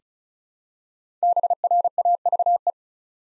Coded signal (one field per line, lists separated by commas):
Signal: Morse code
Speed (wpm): 36 wpm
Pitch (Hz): 700 Hz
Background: none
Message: BRAVE